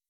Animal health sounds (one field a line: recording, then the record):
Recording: hydrophone in a shrimp aquaculture tank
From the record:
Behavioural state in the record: weakened